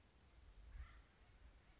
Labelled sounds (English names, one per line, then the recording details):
Acorn Woodpecker
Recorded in Sonoma County, California